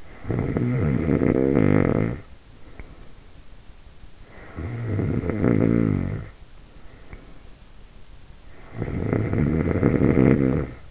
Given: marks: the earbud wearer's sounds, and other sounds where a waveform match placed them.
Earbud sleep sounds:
sounds in sleep by an in-ear microphone; snoring breath
0.00-3.25 s: snoring breath
4.28-7.65 s: snoring breath
8.40-10.91 s: snoring breath

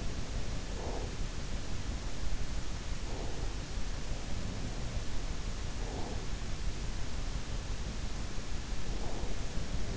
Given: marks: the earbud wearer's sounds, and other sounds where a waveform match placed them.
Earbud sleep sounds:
sounds in sleep by an in-ear microphone; breath
0.00-1.54 s: breath

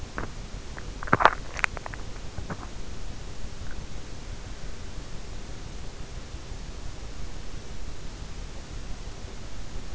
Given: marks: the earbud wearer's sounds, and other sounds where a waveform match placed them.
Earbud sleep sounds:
sounds in sleep by an in-ear microphone; teeth grinding
0.00-2.86 s: teeth grinding

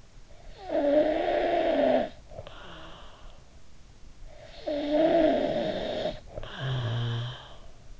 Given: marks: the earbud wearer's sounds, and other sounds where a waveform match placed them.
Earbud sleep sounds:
sounds in sleep by an in-ear microphone; snoring breath
0.29-3.63 s: snoring breath
4.38-8.00 s: snoring breath

